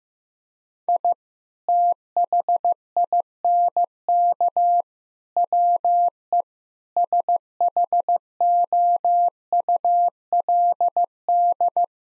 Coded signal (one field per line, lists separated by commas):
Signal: Morse code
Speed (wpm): 16 wpm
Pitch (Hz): 700 Hz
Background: none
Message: I THINK WE SHOULD